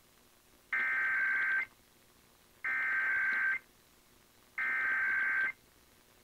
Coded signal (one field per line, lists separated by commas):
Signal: Emergency Alert System (SAME) tones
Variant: header bursts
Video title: Iowa Required Monthly Tests (EAS #183-184)